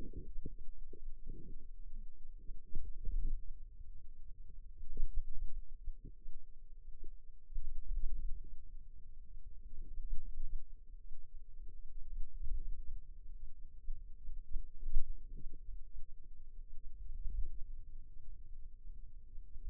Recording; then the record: forearm muscle sounds (acoustic myography)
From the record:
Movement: hand opening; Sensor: system 2, bracelet of six BSWA MPA416 microphones around the upper forearm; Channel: 5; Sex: female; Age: 22 years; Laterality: right